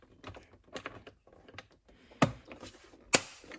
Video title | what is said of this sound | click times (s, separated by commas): 💦Pool Help 26 ● BUBLUE Cordless Robotic Pool Cleaner Overview | And they're going to go like this and just click into place. | 2.2 s, 3.1 s